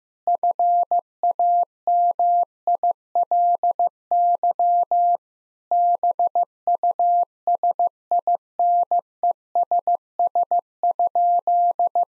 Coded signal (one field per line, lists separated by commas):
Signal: Morse code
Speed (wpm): 15 wpm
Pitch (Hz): 700 Hz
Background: none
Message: FAMILY BUSINESS?